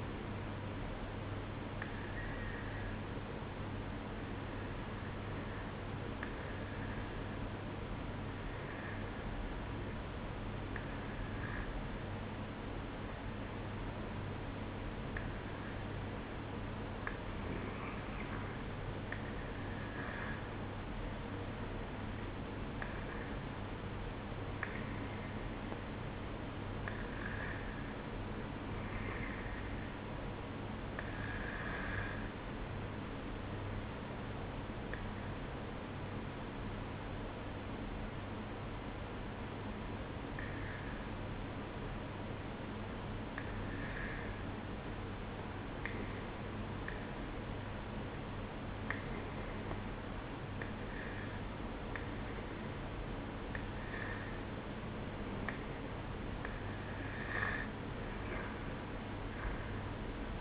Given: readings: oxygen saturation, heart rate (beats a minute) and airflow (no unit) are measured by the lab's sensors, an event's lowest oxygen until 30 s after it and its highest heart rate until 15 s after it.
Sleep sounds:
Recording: breathing in sleep by a voice recorder at the bedside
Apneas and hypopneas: 1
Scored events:
3.00-55.10 s: hypopnea (N1, oxygen 95% highest, then 92% lowest, heart rate 55 at the start, 63 highest)
From the record:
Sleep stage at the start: N1 (lightest sleep)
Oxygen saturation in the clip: 93 to 95%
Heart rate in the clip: 54 to 63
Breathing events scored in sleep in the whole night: 305 in 9.6 hours asleep

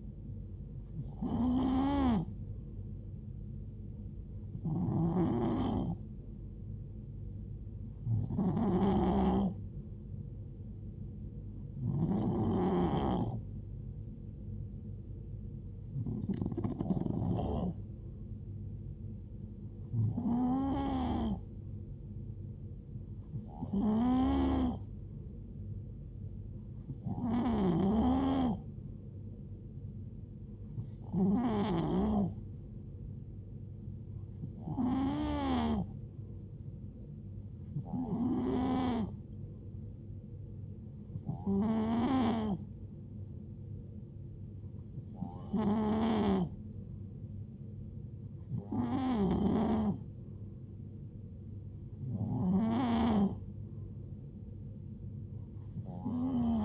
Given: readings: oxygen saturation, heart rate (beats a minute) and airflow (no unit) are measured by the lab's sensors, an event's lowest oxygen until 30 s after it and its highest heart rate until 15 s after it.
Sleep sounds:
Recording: breathing in sleep by a smartphone at the bedside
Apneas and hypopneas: none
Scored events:
none scored
From the record:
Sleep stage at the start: N3 (deep sleep)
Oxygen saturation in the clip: 91 to 92%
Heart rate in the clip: 61 to 76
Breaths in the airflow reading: 15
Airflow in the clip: -4.1 to 2.6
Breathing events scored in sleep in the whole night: 389 in 6.3 hours asleep

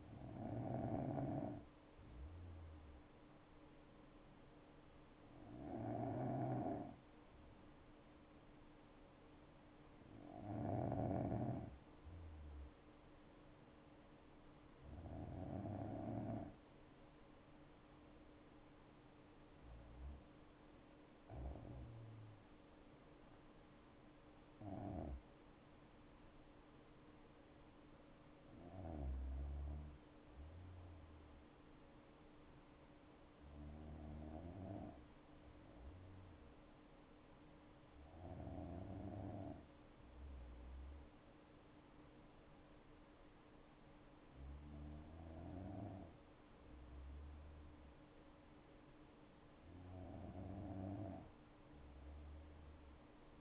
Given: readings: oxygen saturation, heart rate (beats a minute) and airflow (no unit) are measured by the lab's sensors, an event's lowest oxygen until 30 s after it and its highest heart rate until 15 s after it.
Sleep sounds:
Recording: breathing in sleep by a voice recorder at the bedside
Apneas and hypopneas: 1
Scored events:
6.00-23.60 s: hypopnea (N2, oxygen 95% highest, then 95% lowest, heart rate 59 at the start, 74 highest)
21.00-51.00 s: new sleep stage, N1 (lightest sleep)
51.00-53.41 s: new sleep stage, N2 (light sleep)
From the record:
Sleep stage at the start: N2 (light sleep)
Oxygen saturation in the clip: 93 to 96%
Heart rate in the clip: 59 to 74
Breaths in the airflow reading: 11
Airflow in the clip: -5.8 to 8.5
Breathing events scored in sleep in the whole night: 228 in 5.4 hours asleep

